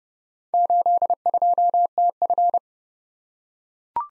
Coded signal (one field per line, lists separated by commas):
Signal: Morse code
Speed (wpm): 30 wpm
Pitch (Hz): 700 Hz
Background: none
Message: 82TF